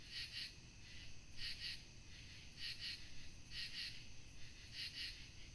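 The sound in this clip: Cricket chirps: short pulses in pairs, recurring about every second or so, over a constant low rumbling background.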